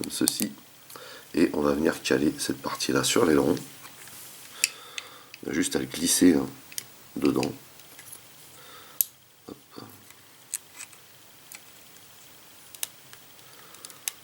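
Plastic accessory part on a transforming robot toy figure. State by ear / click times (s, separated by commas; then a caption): not seated / none. A plastic accessory part is handled and slid toward round pegs on a transforming robot toy figure while someone talks, with sharp plastic ticks and taps in the quieter stretches after the speech. Nothing has seated or clicked yet; the part is not yet home on the figure.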